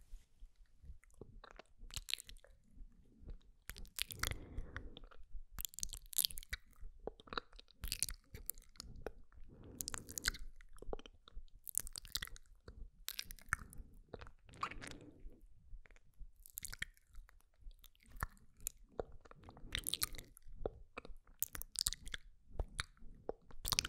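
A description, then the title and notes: Wet mouth sounds fill the clip: quick clicks, smacks and sticky lip sounds in fast irregular bursts, with crisp bright snaps reaching high. Softer squishy, lower-pitched passages swell around 4, 10, 14 and 20 seconds against an otherwise quiet, dry background. MOUTH SOUNDS, LIPGLOSS APPLICATION (sksk, tktk, ticotico, zaczac) ASMR.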